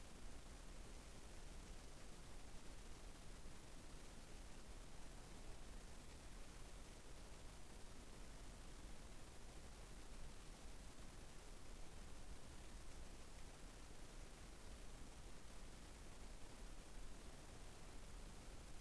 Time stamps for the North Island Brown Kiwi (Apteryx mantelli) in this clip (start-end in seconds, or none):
none